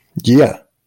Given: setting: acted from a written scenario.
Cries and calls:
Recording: vocal sound without words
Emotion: pride

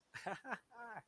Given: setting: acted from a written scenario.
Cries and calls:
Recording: vocal sound without words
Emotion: amusement

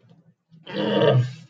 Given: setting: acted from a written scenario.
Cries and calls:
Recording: vocal sound without words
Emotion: pain

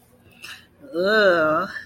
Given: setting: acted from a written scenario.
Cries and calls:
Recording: vocal sound without words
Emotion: embarrassment

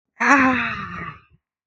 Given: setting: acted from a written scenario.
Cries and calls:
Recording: vocal sound without words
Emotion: ecstasy

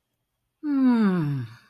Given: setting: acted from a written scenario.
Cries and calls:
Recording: vocal sound without words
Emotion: contentment

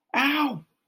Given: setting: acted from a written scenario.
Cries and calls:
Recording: vocal sound without words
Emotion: pain

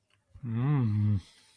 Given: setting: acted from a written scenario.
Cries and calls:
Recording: vocal sound without words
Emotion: desire

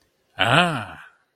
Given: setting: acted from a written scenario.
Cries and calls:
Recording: vocal sound without words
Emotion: interest

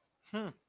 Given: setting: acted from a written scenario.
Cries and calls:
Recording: vocal sound without words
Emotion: contempt

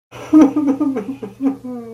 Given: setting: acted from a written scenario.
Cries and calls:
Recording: vocal sound without words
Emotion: sadness

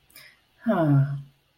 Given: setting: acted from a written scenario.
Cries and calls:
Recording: vocal sound without words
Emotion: relief

